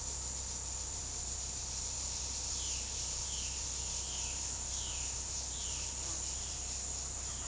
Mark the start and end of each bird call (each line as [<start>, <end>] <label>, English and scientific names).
[2.45, 7.47] Violaceous Jay (Cyanocorax violaceus)